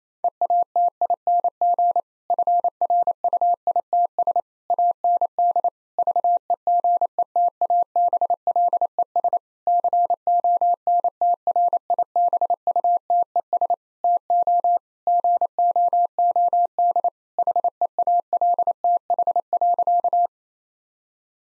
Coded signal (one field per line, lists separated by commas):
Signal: Morse code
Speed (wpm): 28 wpm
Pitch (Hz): 700 Hz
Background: none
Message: EATING FRUITS AND VEGETABLES CONTRIBUTES TO GOOD HEALTH.